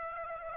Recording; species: mosquito wingbeat signal from an infrared sensor; Aedes aegypti